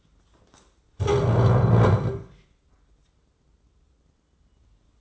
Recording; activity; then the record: daily activity, microphone in the room; stand up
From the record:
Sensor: 3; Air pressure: 996.0 hPa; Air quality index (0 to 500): 245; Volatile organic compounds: 1000 ppm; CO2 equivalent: 6258 ppm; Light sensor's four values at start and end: 38/91/40/43 and 37/90/39/42